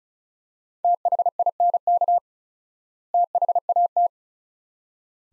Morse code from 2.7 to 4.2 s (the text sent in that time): THAT